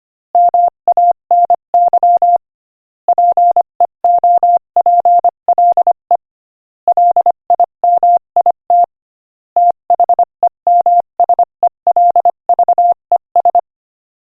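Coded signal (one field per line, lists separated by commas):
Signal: Morse code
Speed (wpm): 24 wpm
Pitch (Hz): 700 Hz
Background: none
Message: MANY PEOPLE LIMIT THEMSELVES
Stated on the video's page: Morse code listening practice at 25 wpm, inspirational quotation.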